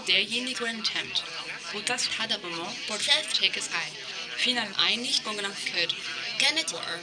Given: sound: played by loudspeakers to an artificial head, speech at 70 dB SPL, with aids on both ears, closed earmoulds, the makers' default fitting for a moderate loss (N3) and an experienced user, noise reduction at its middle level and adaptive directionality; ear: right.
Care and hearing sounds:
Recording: speech test signal (ISTS) in cocktail-party noise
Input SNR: +6 dB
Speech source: in front (0 degrees)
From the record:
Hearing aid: class 2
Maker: A

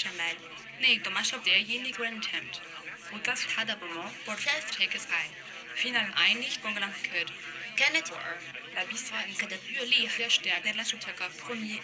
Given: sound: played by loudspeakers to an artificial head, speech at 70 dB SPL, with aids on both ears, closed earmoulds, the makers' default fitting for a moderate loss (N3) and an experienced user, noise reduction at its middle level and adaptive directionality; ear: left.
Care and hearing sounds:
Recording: speech test signal (ISTS) in cocktail-party noise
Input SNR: +6 dB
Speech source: in front (0 degrees)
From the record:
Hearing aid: class 2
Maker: G

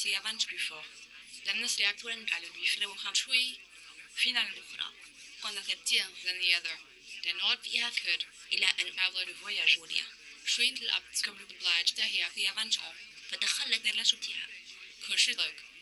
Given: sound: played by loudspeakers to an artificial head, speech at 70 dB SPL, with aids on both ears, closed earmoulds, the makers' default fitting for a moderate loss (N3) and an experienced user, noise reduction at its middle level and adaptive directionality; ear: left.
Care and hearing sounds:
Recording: speech test signal (ISTS) in cocktail-party noise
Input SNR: +9 dB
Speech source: in front (0 degrees)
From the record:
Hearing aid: class 2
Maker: H

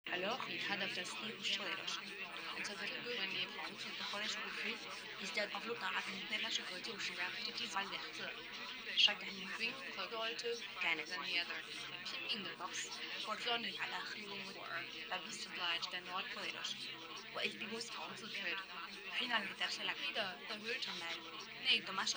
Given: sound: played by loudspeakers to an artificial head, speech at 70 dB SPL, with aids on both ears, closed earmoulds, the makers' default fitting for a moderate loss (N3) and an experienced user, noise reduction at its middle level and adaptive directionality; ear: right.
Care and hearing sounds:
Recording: speech test signal (ISTS) in cocktail-party noise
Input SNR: -3 dB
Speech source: on the right (90 degrees)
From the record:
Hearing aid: class 2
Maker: F

